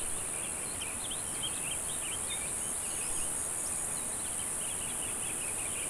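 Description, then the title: Cicadas keep up a constant high whine as birds twitter and chirp repeatedly throughout, over a low, steady background hum. "neoscenes: cicadas"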